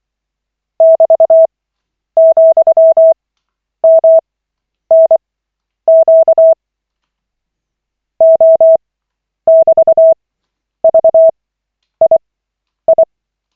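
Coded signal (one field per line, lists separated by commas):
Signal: Morse code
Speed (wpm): 24 wpm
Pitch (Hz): 650 Hz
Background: none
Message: <BT>,MNQ O<BT>VII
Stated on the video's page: Koch method Morse practice session, lesson 28 of 40, from an online trainer.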